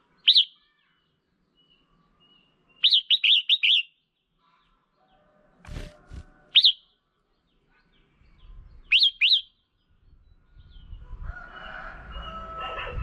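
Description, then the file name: Red-whiskered bulbul gives scattered single notes, a rapid run and a quick double of bright, slurred whistles, with a few knocks and rising rustling noise at the end. Female bird. "Tieng chao mao mai"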